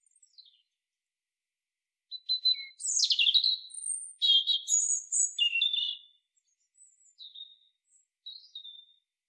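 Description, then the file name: European robin song: a lively phrase of high downslurred whistles and rapid trills, then softer scattered thin notes. "Erithacus rubecula"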